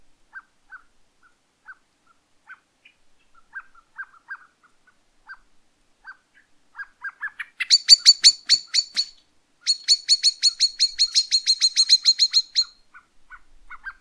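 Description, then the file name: Common blackbird calls: scattered soft low chucks at first, then loud rapid series of sharp metallic chinks in two long bursts. "Turdus merula"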